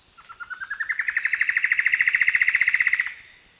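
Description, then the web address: Plumbeous antbird song: a fast series of many clear notes, rising in pitch before levelling off, lasting about three seconds over a steady high insect hum. Song; eastern lowlands of South America. "Natures Songs S America Eastern Lowlands Myrmeciza hyperythra, song"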